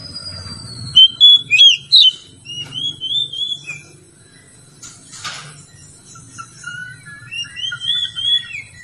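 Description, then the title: Oriental magpie-robin song: sharp whistled notes and sweeping phrases, a brief noisy burst midway, then softer fluty warbles. "Kacer"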